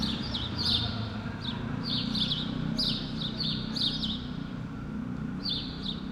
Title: Rue Keyenveld, Ixelles, Bruxelles-Capitale, Belgique - Sparrows - moineaux